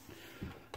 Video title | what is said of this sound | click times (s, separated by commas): How to Install Honeywell Lyric T5 Wi-Fi Thermostat w/without C Wire! | then this, the thermostat, just pops right in there like that. | 0.7 s